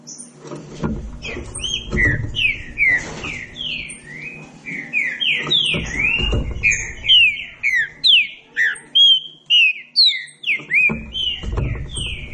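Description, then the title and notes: Green-winged saltator song, dense phrases of whistled, mostly down-slurred notes, with bouts of low background noise. Classic song style (canto clássico) recording intended for training. "Canto Clássico Trinca Ferro TREINAMENTO. trinca fero"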